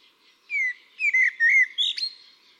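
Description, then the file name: Eurasian blackbird phrase of clear, gently falling whistles, three in a row, ending in a short upward squeak and a thin high note. "Turdus merula"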